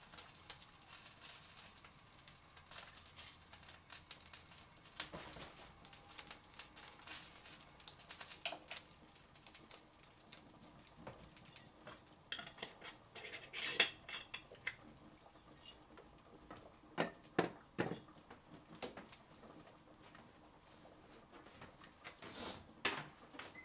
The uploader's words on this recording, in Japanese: 環境音 トマトソースパスタの一部始終。